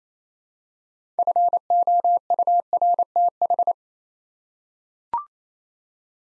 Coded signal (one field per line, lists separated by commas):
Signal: Morse code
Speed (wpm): 27 wpm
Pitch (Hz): 700 Hz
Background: none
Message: FOURTH